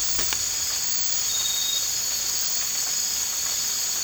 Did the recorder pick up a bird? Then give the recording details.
no. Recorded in dense forest near Puerto Asís, Putumayo, Colombia, on 8 March 2025 at 02:00. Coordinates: 0.484, -76.317. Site G064